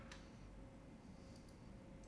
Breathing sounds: one breath in and out by a microphone near the nose and mouth; normal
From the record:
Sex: male

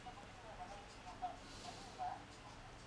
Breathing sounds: one breath in and out by a microphone near the nose and mouth; normal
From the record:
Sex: male

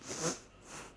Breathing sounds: one breath in and out by a microphone near the nose and mouth; strong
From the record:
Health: marked as sick, illness not named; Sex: female

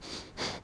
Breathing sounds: one breath in and out by a microphone near the nose and mouth; strong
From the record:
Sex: male

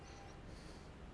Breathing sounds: one breath in and out by a microphone near the nose and mouth; strong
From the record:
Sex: male

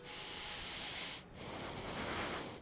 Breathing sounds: one breath in and out by a microphone near the nose and mouth; deep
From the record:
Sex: male

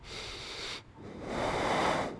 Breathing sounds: one breath in and out by a microphone near the nose and mouth; deep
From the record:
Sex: male

